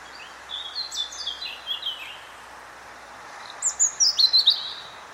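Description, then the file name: European robin song in two phrases, a descending string of thin whistles and then a brighter, rapid twittering run, over continuous background noise. "Erithacus rubecula"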